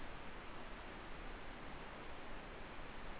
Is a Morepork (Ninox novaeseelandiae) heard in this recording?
no